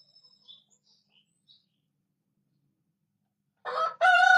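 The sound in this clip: Rooster crow beginning abruptly near the end, harsh and loud, after several faint high chirps.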